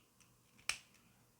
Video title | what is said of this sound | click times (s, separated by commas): Unboxing and Review of AEW Supreme Collection Kenny Omega | You can hear they snap together. They snap in there pretty good, | 0.7 s